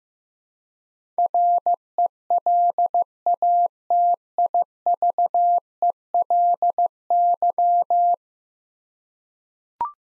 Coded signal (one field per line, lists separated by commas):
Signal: Morse code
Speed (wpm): 15 wpm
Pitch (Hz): 700 Hz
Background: none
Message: RELATIVELY